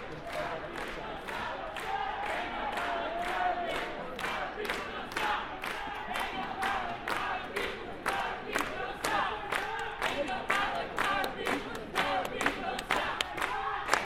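A large protest crowd fills an airport hall with dense, steady chanting voices. Sharp claps or beats land at a fast, even pace of about two per second throughout, over a constant wash of crowd noise that never drops to quiet.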